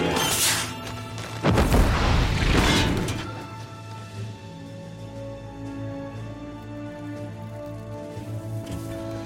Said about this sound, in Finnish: Mitä te teitte lentokoneelle? Kone vaan krassas, mä oon okei.